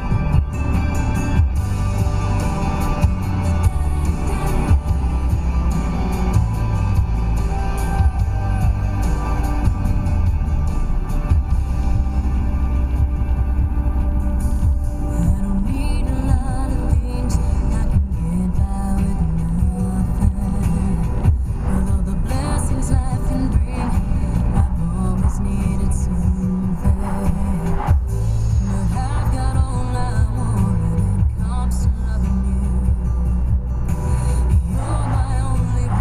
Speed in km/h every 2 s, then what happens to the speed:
68, 69, 69, 68, 68, 68, 69, 68, 69, 71, 69, 72, 77, 77, 76, 76, 76, 72.
0-21 steady at about 69. 21-24 speeds up to 77. 24-36 steady at about 76.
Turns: none.